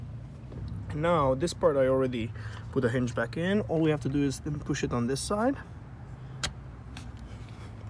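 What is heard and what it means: Someone talks while the plastic coolant reservoir of a 2017 Ford Focus, already hinged in on one side, is pushed on the other side into its engine-bay mounting clip. A sharp snap at 6.4 s marks the reservoir seating in its mount, followed by a fainter tick at 7.0 s.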